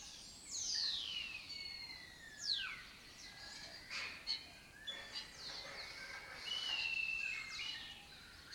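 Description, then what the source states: Lesser kestrels calling with sharp, swooping down-slurred squeals and rapid, irregular harsh chatter, several birds overlapping. Migratory colony occupying an abandoned building complex in Doñana, southern Europe, its breeding area; the species forages in West Africa.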